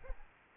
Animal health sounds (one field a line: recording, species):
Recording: mosquito wingbeat signal from an infrared sensor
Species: Aedes albopictus